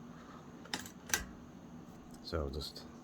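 The three-speed Sturmey Archer AM hub gear shifter lever on a Standard 125R bicycle is handled as it is shifted toward its gear detent, with a few sharp handling taps around 0.7 s and 1.1 s over a low background hum. Someone talks near the end, and the lever has not yet clicked into its detent when the clip ends.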